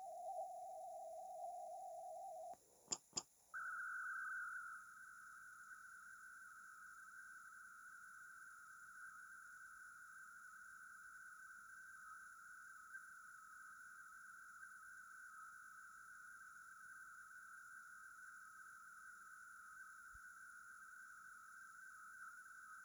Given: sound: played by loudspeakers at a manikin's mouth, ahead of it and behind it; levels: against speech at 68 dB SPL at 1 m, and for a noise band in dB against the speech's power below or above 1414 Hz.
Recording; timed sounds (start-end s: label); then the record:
test signals for a remote microphone
0.00-2.53 s: noise band at 707 Hz, as loud as that band is in speech
2.91 s: click
3.16 s: click
3.53-22.85 s: noise band at 1414 Hz, as loud as that band is in speech
From the record:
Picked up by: remote microphone A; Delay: 47 ms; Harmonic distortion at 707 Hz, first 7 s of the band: under -40 dB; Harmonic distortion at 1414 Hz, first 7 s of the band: under -37 dB